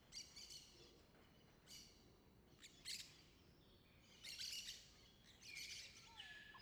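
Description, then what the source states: Bird calls, scattered high chirps and short bursts at irregular intervals, with a soft falling whistle near the end over low background hiss. Rural afternoon ambience, reverberant setting, distant birds.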